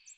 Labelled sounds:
American Redstart flight call

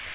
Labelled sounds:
Magnolia Warbler flight call

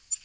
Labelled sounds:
Black-throated Green Warbler flight call

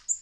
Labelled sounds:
Black-throated Green Warbler flight call

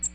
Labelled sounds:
American Redstart flight call

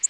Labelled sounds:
Orange-crowned Warbler flight call

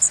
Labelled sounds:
Blackburnian Warbler flight call

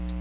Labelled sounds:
Magnolia Warbler flight call

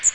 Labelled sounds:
Magnolia Warbler flight call

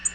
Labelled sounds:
Tennessee Warbler flight call

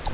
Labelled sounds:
Grace's Warbler flight call

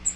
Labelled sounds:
Cape May Warbler flight call

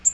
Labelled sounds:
Black-throated Green Warbler flight call

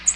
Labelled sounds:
American Redstart flight call

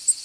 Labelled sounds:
Tennessee Warbler flight call

